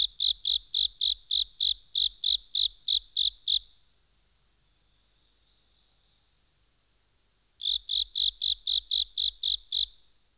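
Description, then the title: Frog: runs of steady, high pulsed notes, about twelve in a row, a four-second pause, then another run of about ten. "NHK Sound Effects Collection - 3-Frogs"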